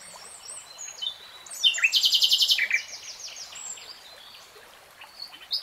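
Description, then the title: Nightingale song: a loud, fast rattling trill of repeated high notes in the middle, framed by quieter whistled and chirping phrases. Three-hour real-time recording of a nightingale singing. "[Tiếng chim hót] Nightingale Singing"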